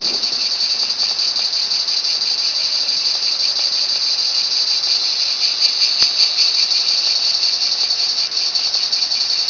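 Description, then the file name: Cicada song, a continuous high, shrill buzzing drone held steadily throughout without pauses, with a faint click partway through. "Zikade"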